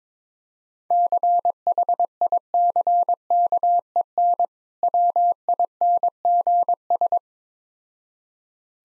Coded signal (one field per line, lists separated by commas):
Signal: Morse code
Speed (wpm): 22 wpm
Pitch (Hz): 700 Hz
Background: none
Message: CHICKEN WINGS